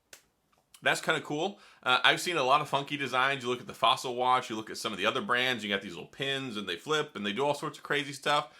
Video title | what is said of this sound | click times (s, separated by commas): Pixel Watch: A Fair Assessment. | and it interlocks. | 0.1 s